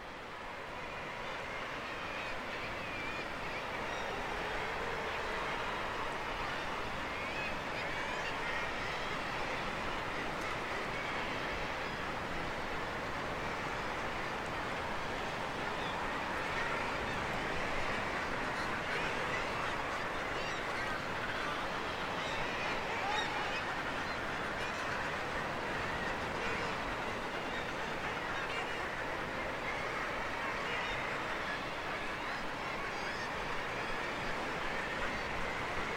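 A huge seabird colony of guillemots, razorbills and fulmars chatters without pause, countless calls merging into one dense, steady roar. The sound sits mostly in the middle and upper range, with a low rumbling wash beneath, and holds at an even level throughout.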